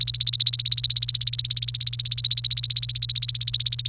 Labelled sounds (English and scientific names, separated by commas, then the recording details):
Domestic Canary (Serinus canaria) song
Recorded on 28 April 2018 at 15:34
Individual llb3